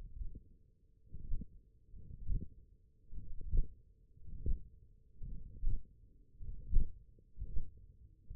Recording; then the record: forearm muscle sounds (acoustic myography)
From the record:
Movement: radial deviation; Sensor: system 1, eight BSWA MPA416 microphones around the upper forearm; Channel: 1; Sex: male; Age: 21 years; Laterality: right